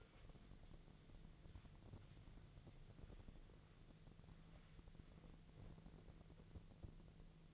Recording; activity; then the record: daily activity, microphone in the room; wipe stove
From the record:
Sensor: 4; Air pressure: 1001.2 hPa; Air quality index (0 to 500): 186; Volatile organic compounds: 3 ppm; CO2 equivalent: 1325 ppm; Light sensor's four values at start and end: 13/31/13/13 and 13/30/12/13